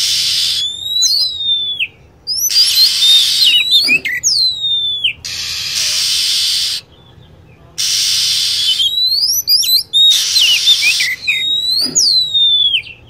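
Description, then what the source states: Lovebird calls, shrill squeaks sweeping downward in quick series, alternating with loud bursts of hiss. Lure sound used to attract birds.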